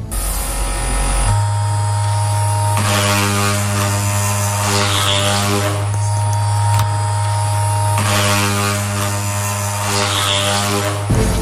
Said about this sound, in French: on entend que c'est le sextoy qui par moment est genre collé contre une table ou un truc comme ça